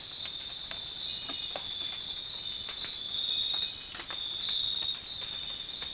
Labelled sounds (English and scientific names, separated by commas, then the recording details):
none
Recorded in dense forest near Puerto Asís, Putumayo, Colombia, on 12 March 2025 at 04:30
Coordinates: 0.500, -76.322
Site GP06